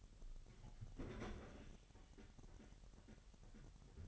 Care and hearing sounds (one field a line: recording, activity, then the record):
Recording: daily activity, microphone in the room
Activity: open fridge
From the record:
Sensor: 4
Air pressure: 989.2 hPa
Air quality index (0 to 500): 225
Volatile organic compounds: 84 ppm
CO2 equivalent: 3642 ppm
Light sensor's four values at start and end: 26/92/34/36 and 26/91/33/35